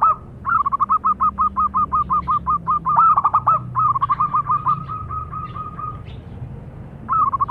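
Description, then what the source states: Zebra dove cooing in fast runs of short staccato notes near one pitch, with a brief pause before a final burst. Zebra dove (perkutut) lure call, calling actively and loudly (gacor).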